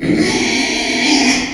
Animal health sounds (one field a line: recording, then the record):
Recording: squeal of a Yucatan mini pig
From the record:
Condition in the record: after surgery on the right vocal fold (resection and tissue-engineered implant)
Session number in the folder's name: 2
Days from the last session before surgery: 13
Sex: male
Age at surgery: 12 weeks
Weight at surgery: 13 kg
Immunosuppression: cyclosporine, prednisolone